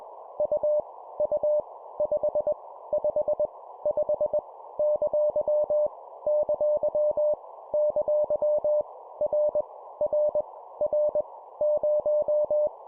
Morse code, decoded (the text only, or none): U U 5 5 5 ! ! ! R R R 0